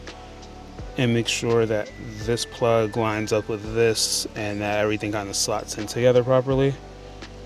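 A replacement clock spring for an Infiniti G35 is lined up with its plug and handled onto the steering column with the indicator switch so everything slots together, while someone talks over music playing underneath. Nothing has seated or clicked yet; the clip ends just before the part goes home.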